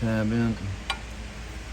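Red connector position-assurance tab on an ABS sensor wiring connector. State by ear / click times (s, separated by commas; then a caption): seated / 0.9 s. Someone talks as the red position-assurance lock tab on a wheel-speed/ABS sensor wiring connector on a 2017 Wrangler is pushed in while reconnecting it, during a repair for rear wheels locking up and the ABS light being on. A short, sharp click is heard at 0.9 s, and the connector is fully seated.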